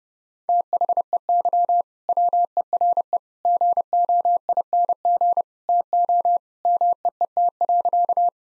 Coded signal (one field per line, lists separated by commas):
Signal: Morse code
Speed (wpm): 32 wpm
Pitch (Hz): 700 Hz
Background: none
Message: THEY WERE GOING TO MEET.